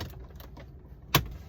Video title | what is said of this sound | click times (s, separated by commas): Making a gasket for my Atoto Car Stereo Head Unit using stick-on white foam from a large roll. | I heard a good click there. | 1.2 s